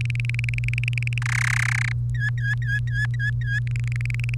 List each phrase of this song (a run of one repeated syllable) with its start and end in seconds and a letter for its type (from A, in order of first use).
0.01-1.18 A, 1.22-1.92 B, 2.15-3.59 C, 3.67-4.34 A